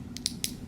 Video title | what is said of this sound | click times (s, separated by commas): Dexcom G6 & Tandem Tslim x2 Insertion - Type One Diabetes - | there's two clicks right there and we're in | 0.3 s, 0.4 s